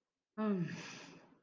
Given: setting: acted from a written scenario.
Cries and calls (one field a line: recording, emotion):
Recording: vocal sound without words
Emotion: contentment